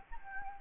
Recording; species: mosquito wingbeat signal from an infrared sensor; Anopheles gambiae